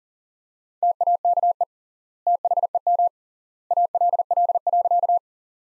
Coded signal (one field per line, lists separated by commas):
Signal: Morse code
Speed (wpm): 40 wpm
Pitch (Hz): 700 Hz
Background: none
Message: TAKE THEM ALL.